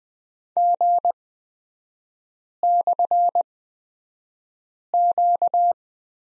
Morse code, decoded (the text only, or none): G/Q